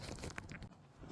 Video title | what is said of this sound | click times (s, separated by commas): They Sold Me USED Oil! - Jeep Cherokee V6 Oil Change | Push it until it clicks. | 0.4 s